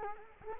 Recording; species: mosquito wingbeat signal from an infrared sensor; Culex quinquefasciatus